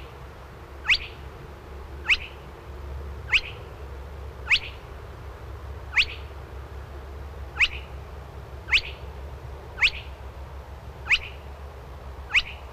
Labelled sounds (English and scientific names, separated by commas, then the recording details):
Spotted Crake (Porzana porzana) song
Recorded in the wild
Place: Marburg, Hessen, DE
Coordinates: 50.8089, 8.7725
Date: 1964-06-08 22:00
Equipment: Uher Report 4000, AKG D190
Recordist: Krey, Winfried
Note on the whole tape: Gesang